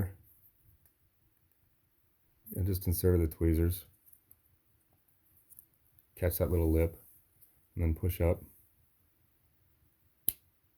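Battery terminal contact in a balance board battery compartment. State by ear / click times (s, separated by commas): released / 10.3 s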